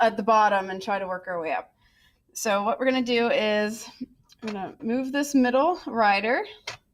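Someone talks while getting ready to slide the middle rider along the notched beam of a triple beam balance toward the 100 gram notch. Only speech with short pauses is heard, and nothing has clicked into a notch yet.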